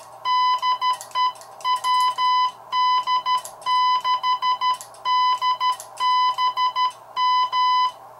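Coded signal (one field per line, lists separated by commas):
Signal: Morse code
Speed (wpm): 13 wpm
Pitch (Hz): 1000 Hz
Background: none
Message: DE WD6DBM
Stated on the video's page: Straight Key Night CQ call sent with a mechanical semi-automatic bug on a modified vintage Heathkit HW-16.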